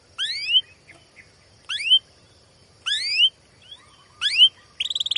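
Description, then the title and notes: Canary song: short phrases of upward-swept whistled notes, repeated every one to two seconds, ending in a quick buzzy trill, over faint background hum. Canary song used as a lure (pancingan, masteran) to train young canaries to sing; described as gacor, long, emotional chirping. "CUIT CUIT NGEROL LANGSUNG GACOR PANJANG Kenari Ini AMPUH Utk Pancingan KENAR. PANCINGAN Kenari GACOR PANJANG Cuit CUIT EMOSI ini AMPUH utk MASTERAN Kenari PAUD belajar BUNYI. burung kenari"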